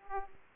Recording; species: mosquito wingbeat signal from an infrared sensor; Aedes aegypti